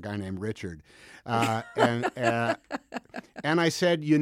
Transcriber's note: laughter